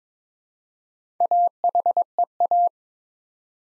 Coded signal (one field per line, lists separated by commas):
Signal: Morse code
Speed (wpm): 23 wpm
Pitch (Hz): 700 Hz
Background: none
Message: AHEA